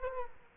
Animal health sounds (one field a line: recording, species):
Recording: mosquito wingbeat signal from an infrared sensor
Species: Culex quinquefasciatus